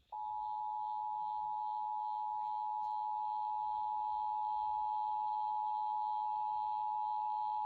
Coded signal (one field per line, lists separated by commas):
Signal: Emergency Alert System (SAME) tones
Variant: 853 and 960 Hz attention tone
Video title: September 2023 Texas Required Monthly Test (EAS #457-465)